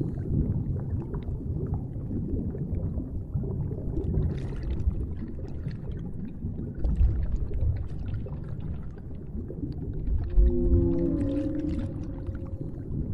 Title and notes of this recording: Whale Sounds Underwater. Nonstop relaxing deep sea underwater sounds